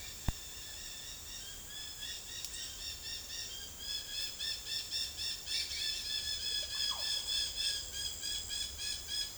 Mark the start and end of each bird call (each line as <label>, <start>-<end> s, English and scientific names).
Dusky-headed Parakeet (Aratinga weddellii), 0.00-9.38 s
Russet-backed Oropendola (Psarocolius angustifrons), 6.23-7.28 s